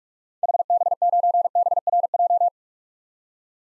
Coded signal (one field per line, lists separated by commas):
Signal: Morse code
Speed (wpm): 42 wpm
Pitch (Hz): 700 Hz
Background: none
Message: HB9BRJ